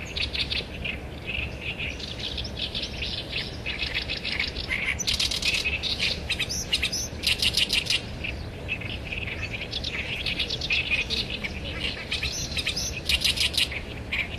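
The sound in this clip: Great reed warbler song: grating, rasping syllables strung into repeated chattering phrases, louder bursts toward the middle and end, with a continuous low rumble underneath.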